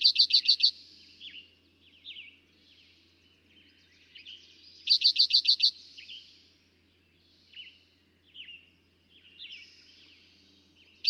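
Eastern towhee song: a loud, rapid burst of about six clipped high notes, repeated roughly five seconds later, with softer chirps in between.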